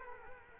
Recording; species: mosquito wingbeat signal from an infrared sensor; Culex quinquefasciatus